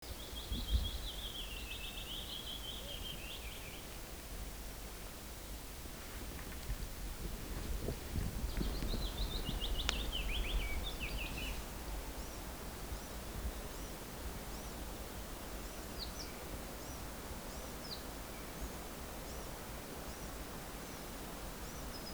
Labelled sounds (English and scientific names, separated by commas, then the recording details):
Willow Warbler (Phylloscopus trochilus) song
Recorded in the wild
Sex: male
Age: adult
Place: Halbinsel Kindo, Karelien, RU
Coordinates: 66.5528, 33.1
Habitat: taiga
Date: 1996-06-21
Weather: partly cloudy, ca. 10 °C
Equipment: Sony TCD-D3, Sennheiser MKH 70, Windkorb
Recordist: Frommolt, Karl-Heinz